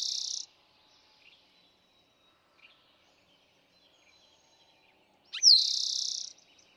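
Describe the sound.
Eastern towhee: the tail of one trill, then a pause with faint chips, then a full song of descending slur and rapid buzzy trill.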